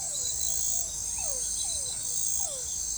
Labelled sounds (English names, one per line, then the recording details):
none
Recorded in forest near Pivijay, Magdalena, Colombia, on 15 April 2023 at 23:00
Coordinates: 10.467, -74.380
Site Z5-G034